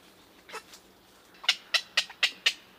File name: Black-crowned Night-heron - Nycticorax nycticorax